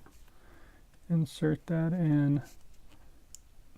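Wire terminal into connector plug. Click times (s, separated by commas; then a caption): 3.3 s. A wire terminal with a rubber sealing grommet is pushed into a plastic plug housing while someone talks. A short, sharp click at 3.4 s marks the terminal seating, and the grommet seats well.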